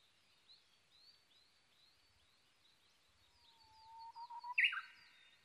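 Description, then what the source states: Japanese bush warbler song, a low whistle breaking into pulsed notes and a loud abrupt flourish, while another bird chirps repeatedly in the background. Recorded 22 May 2011 at 05:58.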